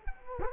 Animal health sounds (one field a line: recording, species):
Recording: mosquito wingbeat signal from an infrared sensor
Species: Culex quinquefasciatus